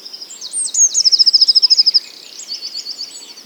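Bird song with a loud, rapid high trill of repeated notes, followed by softer high song.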